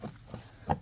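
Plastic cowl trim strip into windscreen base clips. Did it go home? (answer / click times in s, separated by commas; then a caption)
yes / 0.7 s. While replacing the cabin filter on a Skoda Octavia I, the plastic cowl trim strip under the windscreen is pressed down firmly with an energetic push. After softer handling bumps around 0.3 and 0.6 seconds, a sharp snap at 0.7 seconds marks the strip's clips engaging at the windscreen base, and the strip is seated.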